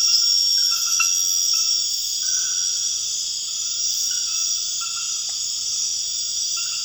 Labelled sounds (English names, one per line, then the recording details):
none
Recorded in dense forest near Puerto Asís, Putumayo, Colombia, on 9 March 2025 at 23:30
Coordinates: 0.481, -76.323
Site G088